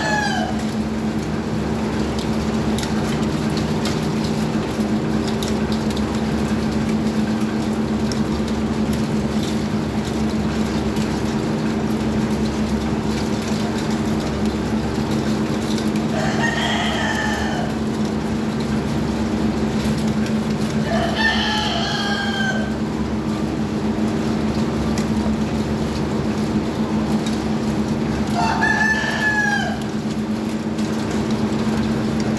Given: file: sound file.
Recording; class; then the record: poultry; feeding with fan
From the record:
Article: Edge intelligence for poultry welfare: Utilizing tiny machine learning neural network processors for vocalization analysis